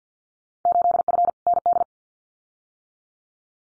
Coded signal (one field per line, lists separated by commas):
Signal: Morse code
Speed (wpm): 50 wpm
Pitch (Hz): 700 Hz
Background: none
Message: 8F ND